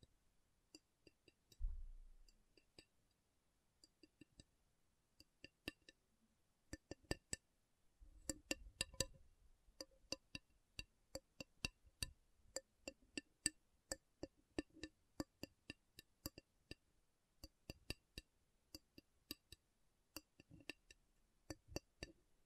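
Slow tapping on metal, a series of sharp, bright clinks coming one at a time with irregular gaps, growing more frequent after about eight seconds. Two low thumps land near two and nine seconds, and the background between taps is quiet.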